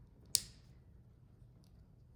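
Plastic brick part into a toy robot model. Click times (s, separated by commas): 0.4 s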